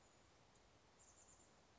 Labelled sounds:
Chestnut-backed Chickadee (Poecile rufescens)
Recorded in Sonoma County, California

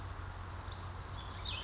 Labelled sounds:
Brown Creeper (Certhia americana)
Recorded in Sonoma County, California

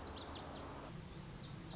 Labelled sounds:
Lazuli Bunting (Passerina amoena)
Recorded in Sonoma County, California

